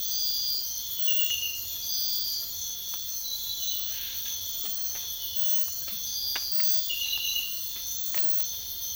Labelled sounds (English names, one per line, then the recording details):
none
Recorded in secondary vegetation near Puerto Asís, Putumayo, Colombia, on 9 March 2025 at 05:00
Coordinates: 0.498, -76.327
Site G001